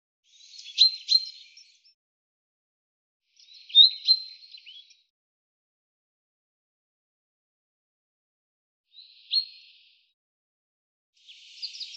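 Common chaffinch calls: short, sharp high notes sounding in clusters, two near the start, one at nine seconds and another at the end, over a silent background.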